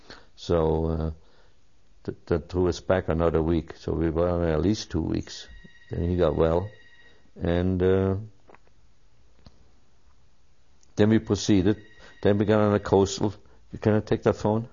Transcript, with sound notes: So, uh - they took us back another week, so we were at least two weeks. (Phone rings) Then he got well, and, uh - then we proceeded, (phone rings) then we got on a coastal - can I take that phone?